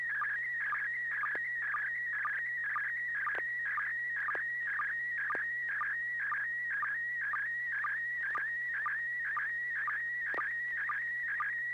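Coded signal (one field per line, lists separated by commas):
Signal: SSTV (slow-scan television)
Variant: PD120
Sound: warbling, chirping tone with a short regular low blip about twice a second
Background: low steady hum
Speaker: this should be PD120 N6PGQ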